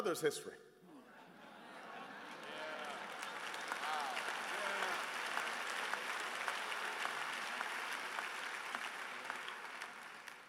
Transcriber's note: applause